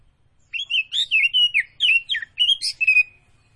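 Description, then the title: Oriental magpie-robin song: a quick string of bright whistled notes, some slurred downward. Singing vigorously (gacor). "Kacer Tretes"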